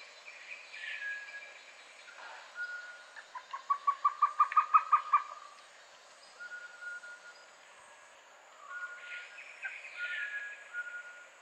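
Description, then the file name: Violaceous trogon giving a quick series of hollow notes that swell in volume, with other birds' calls before and after. "Golosa ptic - Fioletovyj trogon Trogon violaceus"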